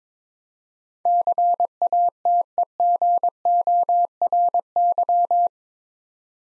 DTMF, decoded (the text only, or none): none